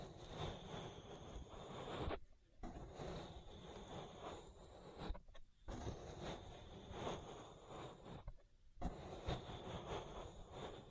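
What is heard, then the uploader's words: An ear massage of dense, rumbling rubbing and crackling strokes pressed against the microphone, heavy in the lows with a faint high whistle on top. The friction runs in long passes, broken by brief pauses near two, five and eight seconds. ASMR Relaxing Ear Massage. (No Talking).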